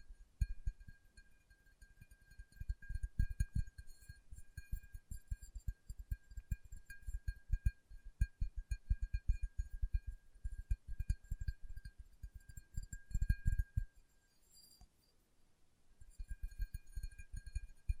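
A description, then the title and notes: Fingertips tap quickly and unevenly, a dense patter of soft, low thuds that runs through most of the recording. The tapping thins out briefly around fifteen seconds, then resumes. A faint, steady high ringing tone sits underneath throughout. ASMR Tapping with Fingertips (No Talking).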